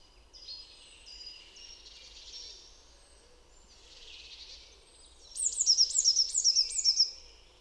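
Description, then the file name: Eurasian blue tit calls: faint, scratchy high notes, then a fast series of about five high, sharp notes near the end. "Cyanistes caeruleus"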